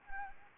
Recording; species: mosquito wingbeat signal from an infrared sensor; Anopheles gambiae